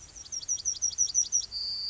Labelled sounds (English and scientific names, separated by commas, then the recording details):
Yellowhammer (Emberiza citrinella) song
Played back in grassland
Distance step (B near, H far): D
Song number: 148